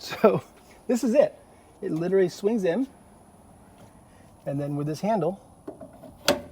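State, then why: Seated. Someone talks while swinging the wheel emergency brake on a 2024 Ember 201FBQ Overland travel trailer into place and pressing its handle down. A sharp click at 6.3 s is the handle locking in place, so the wheel is held and won't roll.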